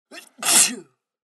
Male sneeze.